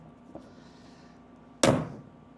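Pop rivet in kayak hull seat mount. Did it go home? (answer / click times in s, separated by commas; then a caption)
yes / 1.6 s. A hand rivet tool is squeezed repeatedly on a pop rivet set into a hole in a kayak hull to mount the seat hardware, with a faint tick at 0.4 s. At 1.6 s the mandrel snaps off with a loud, sharp crack that rings briefly, and the rivet is seated.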